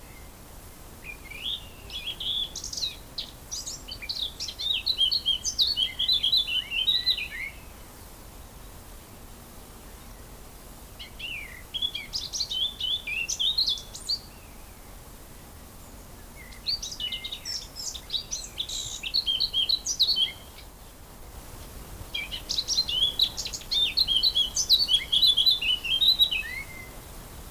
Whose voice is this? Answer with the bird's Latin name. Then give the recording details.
Sylvia atricapilla. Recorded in the wild. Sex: male. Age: adult. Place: Blankenfelde, Berlin, DE. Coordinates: 52.62, 13.37. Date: 1999-05-02 12:25. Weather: fair, 11 - 15°C. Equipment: Nagra SN, Kopie Uher 4000 Report Monitor. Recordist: Tembrock, Günter